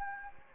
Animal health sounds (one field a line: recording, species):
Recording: mosquito wingbeat signal from an infrared sensor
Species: Anopheles gambiae